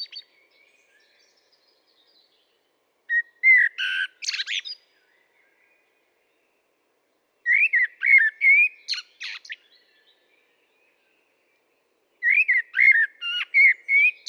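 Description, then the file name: Common blackbird singing three phrases a few seconds apart, each a low fluty warble trailing into a bright, chattering twitter. "Turdus merula"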